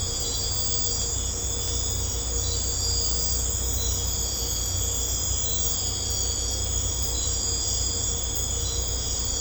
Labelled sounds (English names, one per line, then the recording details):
none
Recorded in secondary vegetation near Puerto Asís, Putumayo, Colombia, on 18 December 2024 at 00:00
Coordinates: 0.502, -76.326
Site G028